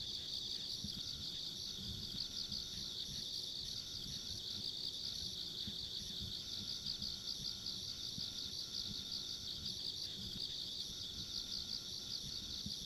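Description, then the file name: Insects chirring steadily in a thick high-pitched trill with irregular pulsing, a faint higher whine over it and constant low-pitched background noise. Ambient insect sounds recorded along a country road. "田舎道の虫の環境音"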